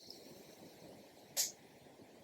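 The hinged lock of a sterling silver hoop earring is handled as it is being closed toward its catch, against a quiet, steady background hiss. A tiny tick comes at about 0.1 s, and a short, bright, high-pitched burst at about 1.4 s. The clip ends before the lock goes home, so nothing has clicked shut or seated yet.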